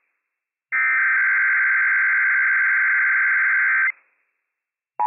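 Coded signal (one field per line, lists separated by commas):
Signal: Emergency Alert System (SAME) tones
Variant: header bursts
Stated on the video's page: Emergency Alert System Required Monthly Test from county emergency management, recorded from operational tones off NOAA weather radio station WWF56.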